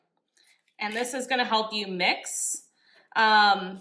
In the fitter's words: till you hear it click